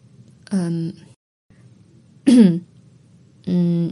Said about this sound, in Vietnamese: Cẩm Thư chớm chớm mì mắt, vội ruột tay về, cô hắng giọng một cái.